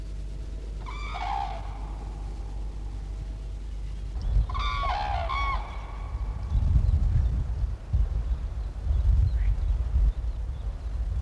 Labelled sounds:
Common Crane (Grus grus) call

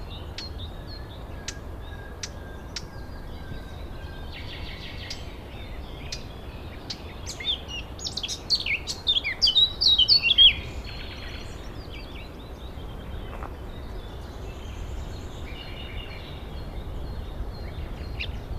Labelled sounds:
Eurasian Blackcap (Sylvia atricapilla)

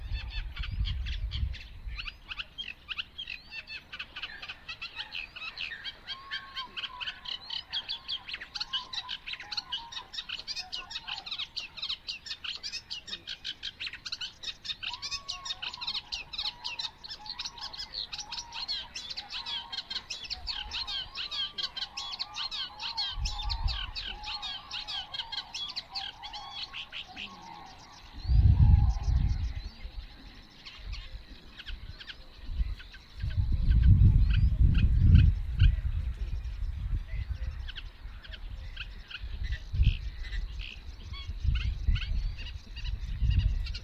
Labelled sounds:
Eurasian Reed Warbler (Acrocephalus scirpaceus) song

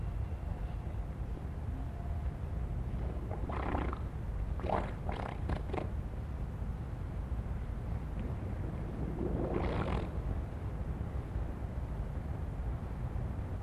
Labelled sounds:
Harbor Seal (Phoca vitulina)

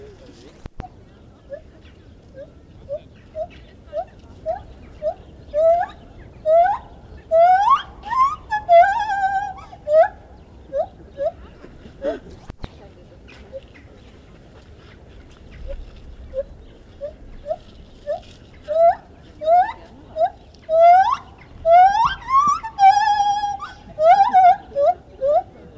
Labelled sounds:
Lar Gibbon (Hylobates lar) song

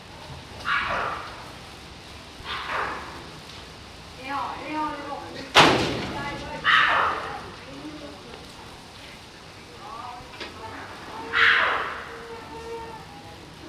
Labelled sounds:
Collared Mangabey (Cercocebus torquatus) call

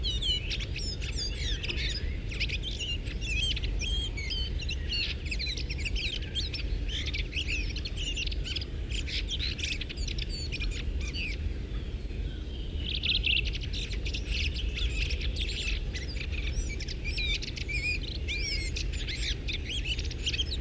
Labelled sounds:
Redwing (Turdus iliacus) song

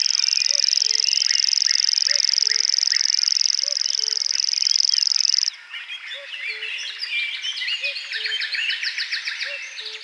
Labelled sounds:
Common Grasshopper Warbler (Locustella naevia) song

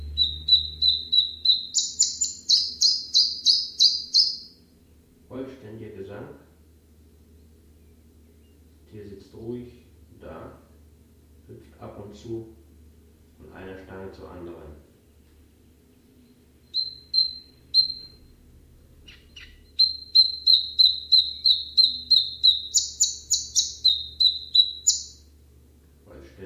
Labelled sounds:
Common Chiffchaff (Phylloscopus collybita) song

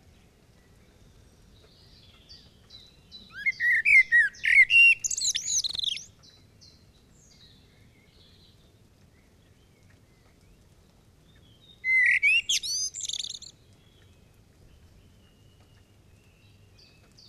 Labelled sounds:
Common Blackbird (Turdus merula) song

